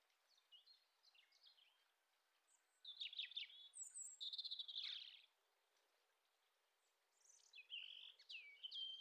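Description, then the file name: European robin singing thin, high, warbling phrases: a faint start, then a bright tumbling burst of trills and sweet notes, a pause, and another sparkling phrase near the end. "Erithacus rubecula"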